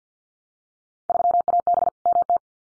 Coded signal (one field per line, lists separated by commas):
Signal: Morse code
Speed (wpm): 50 wpm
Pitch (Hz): 700 Hz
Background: none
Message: 3AB MT